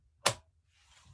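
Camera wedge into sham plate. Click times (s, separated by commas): 0.3 s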